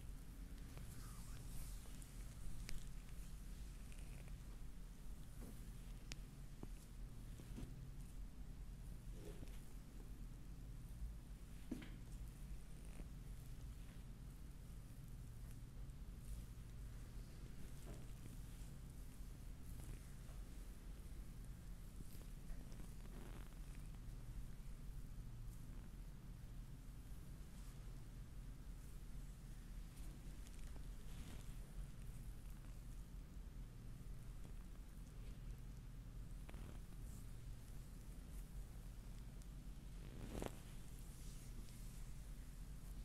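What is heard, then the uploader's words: Hands massage arms and fingers with soft, scattered rubbing and brief brushes every few seconds over a steady low hum throughout. ASMR relaxing massage Arms and fingers massage.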